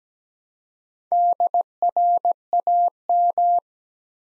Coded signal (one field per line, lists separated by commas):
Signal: Morse code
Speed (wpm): 17 wpm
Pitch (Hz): 700 Hz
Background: none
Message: DRAM